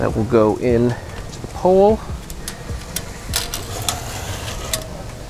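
Someone talks while handling the spring detent pins on an Outdoor Master beach cabana frame, positioning them to go into the metal support pole. Short, sharp handling knocks follow between about 3.0 and 4.7 seconds over a steady background hum. Nothing has seated or clicked yet.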